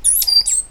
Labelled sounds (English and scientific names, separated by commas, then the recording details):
Stitchbird (Notiomystis cincta) song
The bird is a male
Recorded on Tiritiri Matangi Island, New Zealand, in 2005
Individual 8, of nest box 10